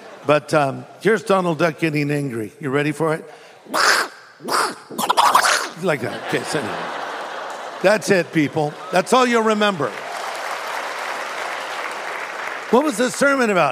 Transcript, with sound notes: But here's Donald Duck getting angry. Ready for it?. [Quacking sound] Like that. Okay, sorry. That's it, people. That's all you'll remember. "What was the sermon about?"